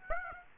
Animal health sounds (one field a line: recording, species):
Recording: mosquito wingbeat signal from an infrared sensor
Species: Aedes aegypti